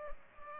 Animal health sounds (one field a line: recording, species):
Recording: mosquito wingbeat signal from an infrared sensor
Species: Culex pipiens